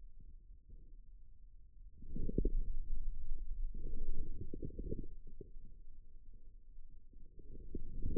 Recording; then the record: forearm muscle sounds (acoustic myography)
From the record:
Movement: outward rotation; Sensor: system 2, bracelet of six BSWA MPA416 microphones around the upper forearm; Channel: 1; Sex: male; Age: 22 years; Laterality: right